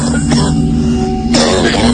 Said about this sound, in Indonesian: Pintu kamarku ditarik dan terbuka. Dan terdengar suara batuk seorang pria